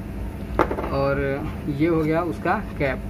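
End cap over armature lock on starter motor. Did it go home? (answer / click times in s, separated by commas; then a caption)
yes / 0.6 s. The protective end cap is fitted over the armature lock on a starter motor. A single hit is heard at 0.6 s as it seats, and someone talks over the sound. The cap is seated in place.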